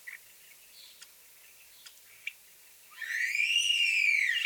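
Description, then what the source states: European Starling giving a loud slurred whistle that rises and falls, after faint scattered clicks and squeaks. Several starlings giving typical complex vocalizations: high-pitched squeaky squeals, wolf whistles, garbled clucks and clicks; wolf whistle notes aid recognition; talented mimic.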